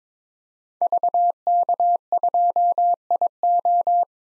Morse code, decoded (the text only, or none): VK2IO